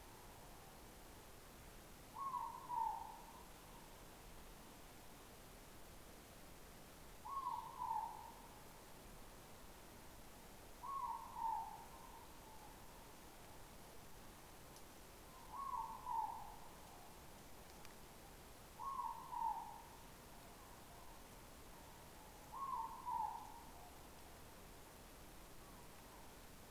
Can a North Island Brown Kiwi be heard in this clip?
no